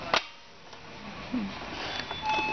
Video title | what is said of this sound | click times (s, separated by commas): Shreveport Sewing Center - Part III of the Ellure Plus 135+140 | the arm of the machine and then I will gently slide it on until it snaps now | 0.1 s